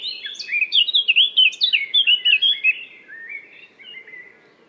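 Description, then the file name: Eurasian blackcap song: a rapid, varied warble of rich chattering notes that grows quieter toward the end, with a low background hum. "Sylvia atricapilla"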